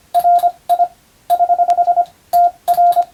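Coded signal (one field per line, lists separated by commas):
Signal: Morse code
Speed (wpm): 25 wpm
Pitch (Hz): 700 Hz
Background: radio noise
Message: RI <HH> TR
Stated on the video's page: Morse receiving practice in the style of the national radio operator exam, recorded by a first-class radiotelegraph operator.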